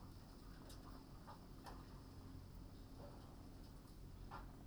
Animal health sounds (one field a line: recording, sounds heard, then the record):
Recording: poultry house recording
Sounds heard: healthy chickens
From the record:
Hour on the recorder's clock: 21